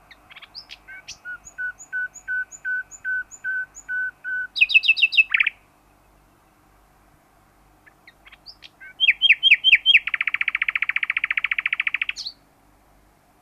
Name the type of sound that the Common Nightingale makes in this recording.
social call